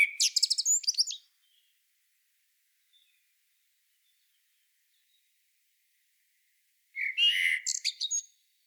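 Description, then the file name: Common blackbird song: a high chattering twitter ends one phrase, then after a long silence a new phrase of low fluty warbling leads into squeaky high notes. "Turdus merula"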